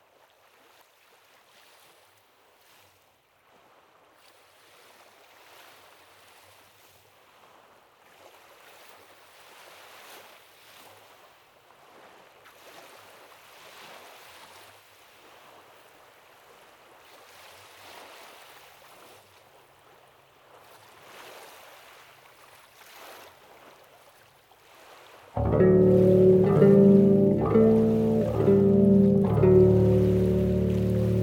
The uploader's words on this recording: This song is a mellow Bass solo with some peaceful and relaxing Lake Michigan waves for accompaniment.